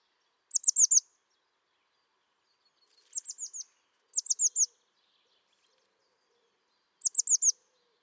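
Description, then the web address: Bird giving repeated bursts of four high, downslurred chirps, four groups spread over about seven seconds, the second burst quieter. "cianscape birddata Deverinetal 2025 Bird Only"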